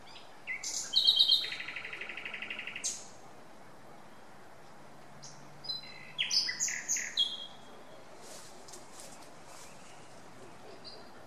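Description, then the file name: Common nightingale song: a loud fast stuttering trill of repeated notes, then after a pause a varied burst of sharp, chirping and whistled notes. "Luscinia megarhynchos"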